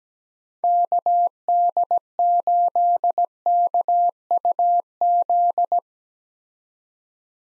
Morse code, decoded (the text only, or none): KD8KUZ